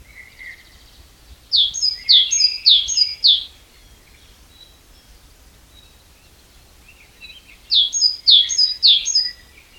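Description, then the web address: Great tit calling in two bursts of about four ringing phrases, each a high note followed by a downward sweep, with soft chirps between. "SETE Parus major"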